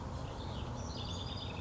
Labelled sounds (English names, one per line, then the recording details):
Western Flycatcher
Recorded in Sonoma County, California